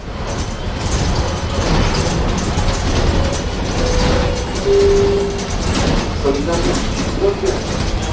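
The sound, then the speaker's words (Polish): An over-20-year-old Jelcz city bus in Tarnów, Poland, on its last day of service, rumbles along with a loud, steady engine roar, full of rattles and creaks, while brief whining mechanical tones rise and fade and muffled voices blend into the noise. “Nie przeszkadza ten huk, ten powiew wiatru?”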